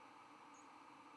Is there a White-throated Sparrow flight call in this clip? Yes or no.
no